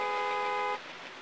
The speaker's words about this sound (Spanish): José se sentía muy estresado por el ruido de bocinas, sirenas y carros de la ciudad.